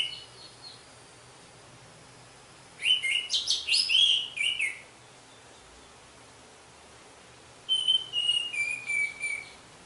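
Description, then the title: Orange-headed thrush song: two varied phrases of rich, warbling notes with some slurred whistles, separated by about three seconds of quiet. "Anis Merah"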